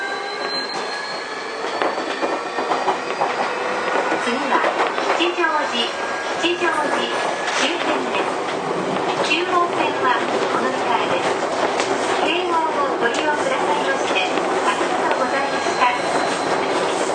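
A Keio 1000 series train runs along with a steady rumble and rattling wheel clicks, squeals rising now and then, and voices murmuring throughout.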